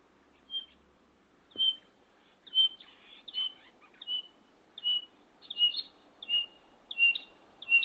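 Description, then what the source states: Batis calls, clear whistled notes repeated roughly every three-quarters of a second, with extra answering notes joining in toward the end; quiet background. Male batis calling for a while, the female answering near the end, with a little tick tick in between.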